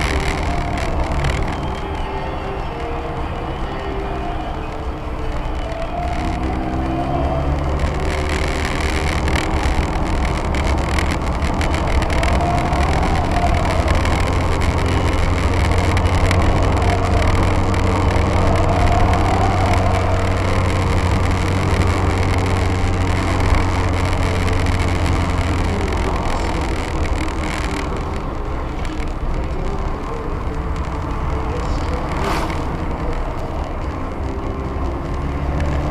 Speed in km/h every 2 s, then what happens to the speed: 46, 42, 48, 54, 58, 63, 62, 65, 63, 65, 64, 63, 55, 42, 41, 45, 49, 58.
3-10 speeds up to 63. 10-19 steady at about 63. 19-26 slows to 42. 28-36 speeds up to 58.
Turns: none.